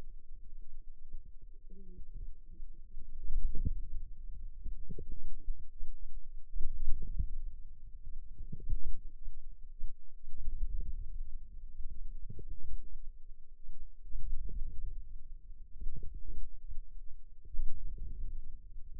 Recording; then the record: forearm muscle sounds (acoustic myography)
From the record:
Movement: wrist flexion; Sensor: system 2, bracelet of six BSWA MPA416 microphones around the upper forearm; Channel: 1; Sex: female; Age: 21 years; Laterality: right